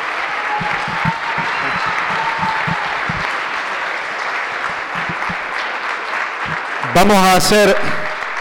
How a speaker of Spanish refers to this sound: Un aplauso